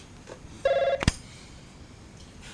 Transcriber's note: interruption with phone call